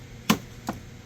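A 2019 Toyota Highlander's plastic cabin air filter access cover is pushed up into the housing behind the glove box. It makes a sharp snap at 0.3 s, followed by a softer tap around 0.7 s. The cover is seated and snapped into place.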